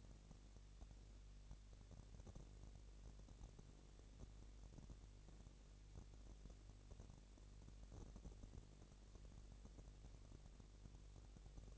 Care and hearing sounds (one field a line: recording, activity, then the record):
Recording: daily activity, microphone in the room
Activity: no activity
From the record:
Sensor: 4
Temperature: 22.5 degrees Celsius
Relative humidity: 33.4%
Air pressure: 999.7 hPa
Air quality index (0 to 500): 231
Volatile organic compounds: 20 ppm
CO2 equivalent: 2705 ppm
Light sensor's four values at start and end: 2/3/1/1 and 2/3/1/1